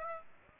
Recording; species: mosquito wingbeat signal from an infrared sensor; Aedes aegypti